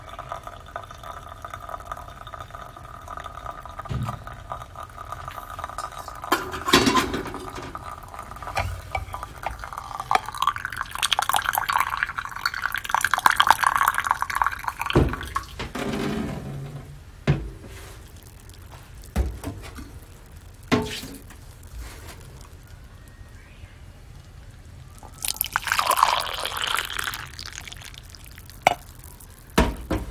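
Guatemala SHB coffee beans roasting over a steady low hum. Sharp, scattered pops and clicks come every few seconds, and a rushing hiss swells between about 10 and 15 seconds and again near 25 to 27 seconds.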